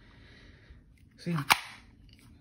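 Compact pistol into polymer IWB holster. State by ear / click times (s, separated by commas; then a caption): not seated / none. A Sig Sauer P365 compact pistol is reinserted into a Bravo polymer IWB holster while someone talks, producing a short sliding scrape around 1.3 s that ends in a brief sharp contact sound near 1.5 s. The pistol just slides in: the holster retention gives no click, and nothing has clicked or seated.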